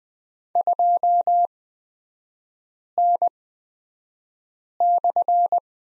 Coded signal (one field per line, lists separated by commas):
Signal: Morse code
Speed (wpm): 20 wpm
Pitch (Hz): 700 Hz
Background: none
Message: 2N/